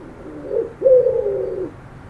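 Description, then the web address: Bird giving a soft, low cooing call in two parts, a shorter fainter note followed after a brief pause by a longer, steady coo. "Bird Only"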